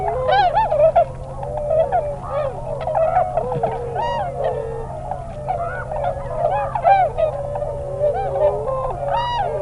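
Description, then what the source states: Tundra swan chorus: many birds giving wavering, bugled hoots and yelps in a thick, continuous overlapping mass of sound. Nominate subspecies Cygnus columbianus columbianus.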